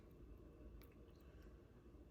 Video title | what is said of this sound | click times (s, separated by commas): Cull Shad VS. Mag Draft (Underwater Footage) | it clips in. You heard that snap, and it stays there. | 0.8 s